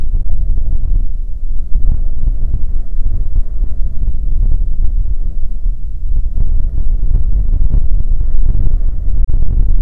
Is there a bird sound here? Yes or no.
no